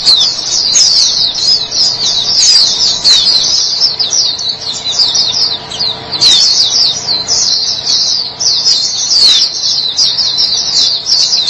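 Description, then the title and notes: White-eye song, high-pitched and chattering, with fast tumbling notes running on without a break and a few sharper chips standing out. White-eye chirping song. "Kicauan Burung Pleci Durasi Panjang. Suara kicauan burung pleci"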